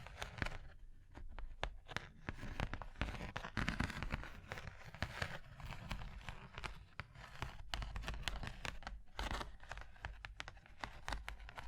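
Tapping and scratching on a surface, with dense, irregular clicks and taps spread across the whole clip. Brighter scratchy strokes come in between, some lasting a second or so, and the pace stays busy and uneven throughout, with a soft low rumble underneath.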